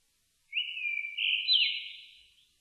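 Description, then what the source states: Japanese thrush voicing a single drawn-out whistled phrase, smooth and clear, stepping upward midway before sliding down and fading, with nothing else audible around it. Recorded on 4 May 2001.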